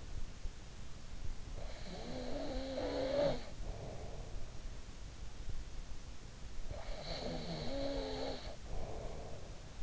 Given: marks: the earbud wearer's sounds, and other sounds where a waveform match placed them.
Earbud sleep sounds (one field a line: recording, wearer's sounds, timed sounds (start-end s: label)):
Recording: sounds in sleep by an in-ear microphone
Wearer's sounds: snoring breath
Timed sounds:
1.19-5.00 s: snoring breath
6.36-9.83 s: snoring breath